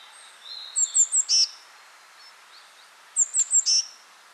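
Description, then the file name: Eurasian blue tit call, two bursts of three thin high notes ending in a short buzzy churr, with a faint lower bird note in between. "Cyanistes caeruleus"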